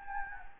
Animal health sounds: mosquito wingbeat signal from an infrared sensor; Anopheles gambiae

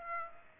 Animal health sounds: mosquito wingbeat signal from an infrared sensor; Aedes aegypti

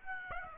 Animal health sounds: mosquito wingbeat signal from an infrared sensor; Aedes aegypti

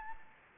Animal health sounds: mosquito wingbeat signal from an infrared sensor; Anopheles gambiae

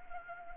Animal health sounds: mosquito wingbeat signal from an infrared sensor; Anopheles arabiensis

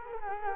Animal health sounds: mosquito wingbeat signal from an infrared sensor; Culex quinquefasciatus

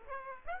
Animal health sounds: mosquito wingbeat signal from an infrared sensor; Aedes aegypti

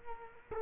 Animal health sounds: mosquito wingbeat signal from an infrared sensor; Culex quinquefasciatus

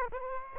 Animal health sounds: mosquito wingbeat signal from an infrared sensor; Aedes aegypti

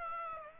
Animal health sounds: mosquito wingbeat signal from an infrared sensor; Aedes aegypti

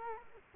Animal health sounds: mosquito wingbeat signal from an infrared sensor; Culex quinquefasciatus

